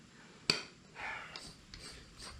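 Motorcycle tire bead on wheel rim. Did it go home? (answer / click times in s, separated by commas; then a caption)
released / 0.5 s. A motorcycle tire's rubber bead is worked around its metal wheel rim to break the seal. At 0.5 s the bead pops off the rim seat with one sharp pop, followed by quieter scraping and rustling with small ticks near 1.4 s and 1.7 s. After about 15 minutes of work, the bead is now released from the rim.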